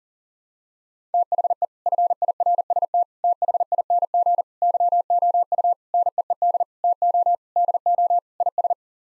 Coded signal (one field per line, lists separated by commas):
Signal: Morse code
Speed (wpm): 40 wpm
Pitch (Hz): 700 Hz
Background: none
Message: THE FIRST THING YOU NEED TO DO IS